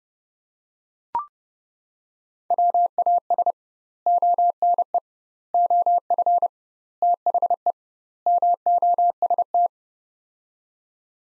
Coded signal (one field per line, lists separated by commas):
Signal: Morse code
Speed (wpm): 32 wpm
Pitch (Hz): 700 Hz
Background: none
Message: WAS ONE OF THE MOST